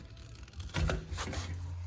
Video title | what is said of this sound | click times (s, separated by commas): 2025 WILDWOOD 44VIEW STK# 13817 | Just line those guys up. Twist and it locks into place. | 0.8 s, 0.9 s